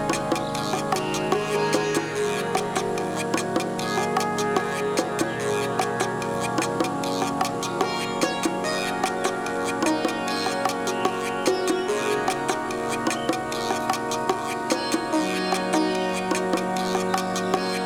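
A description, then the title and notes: Dense jungle-themed music with sustained tones over a low drone, crisp ticking percussion throughout, and a new deeper note entering near fifteen seconds. A Musical Day in the Jungle.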